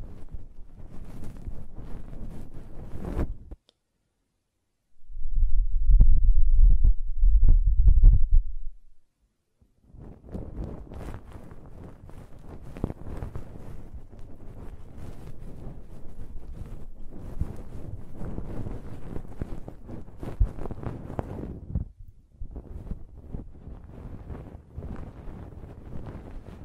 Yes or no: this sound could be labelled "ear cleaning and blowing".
yes